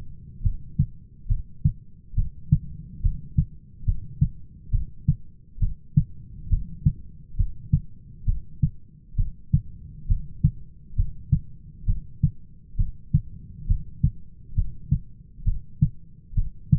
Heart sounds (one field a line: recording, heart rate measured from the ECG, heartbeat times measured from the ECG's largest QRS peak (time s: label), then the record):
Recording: heart sounds by stethoscope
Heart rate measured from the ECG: 68 bpm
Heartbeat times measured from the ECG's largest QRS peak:
0.44 s: heartbeat
1.30 s: heartbeat
2.17 s: heartbeat
3.03 s: heartbeat
3.86 s: heartbeat
4.73 s: heartbeat
5.61 s: heartbeat
6.51 s: heartbeat
7.38 s: heartbeat
8.27 s: heartbeat
9.18 s: heartbeat
10.09 s: heartbeat
10.97 s: heartbeat
11.88 s: heartbeat
12.78 s: heartbeat
13.69 s: heartbeat
14.56 s: heartbeat
15.46 s: heartbeat
16.37 s: heartbeat
From the record:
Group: heart failure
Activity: rest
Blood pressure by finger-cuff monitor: 127/89 mmHg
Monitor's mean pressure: 103 mmHg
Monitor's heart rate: 68 bpm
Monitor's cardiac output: 6.1 L/min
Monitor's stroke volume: 90 mL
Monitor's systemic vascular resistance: 1260 dyn s/cm5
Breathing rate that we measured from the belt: 17 breaths a minute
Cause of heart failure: idiopathic cardiomyopathy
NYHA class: 1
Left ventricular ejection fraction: 50%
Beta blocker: bisoprolol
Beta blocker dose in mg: 5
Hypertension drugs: candesartan, spironolactone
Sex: male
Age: 54 years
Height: 180 cm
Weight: 94.6 kg